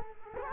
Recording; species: mosquito wingbeat signal from an infrared sensor; Culex quinquefasciatus